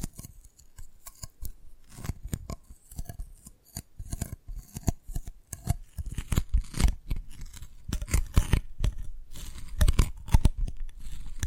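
Dalgona candy is tapped and cracked in quick, irregular bursts of sharp clicks and snaps. The crisp hits come densely from start to end, bright and brittle with a low thud under many of them, growing somewhat louder and busier in the second half.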